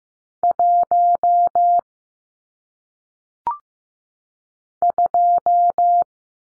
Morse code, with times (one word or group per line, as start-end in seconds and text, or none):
0.4-1.8 1
4.8-6.0 2